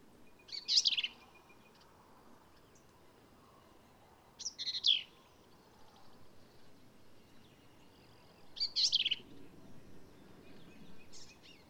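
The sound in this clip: Black-capped vireo singing short, harsh, squeaky phrases spaced about four seconds apart, each a rapid jumble of high notes, with a faint low hiss behind.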